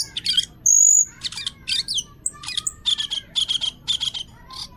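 Songbird delivering a busy medley of high chirps and buzzy notes, one clear sustained whistle early on, then a steady series of quick repeated phrases.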